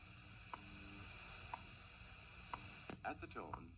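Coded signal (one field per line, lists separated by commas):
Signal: radio time signal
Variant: WWV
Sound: four short clicky ticks one second apart over hiss, then a brief voice-like burst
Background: radio static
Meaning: Each tick marks one second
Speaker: so let's listen this recording was made at 7 p.m in Texas after the sun had gone down [Music] at the tone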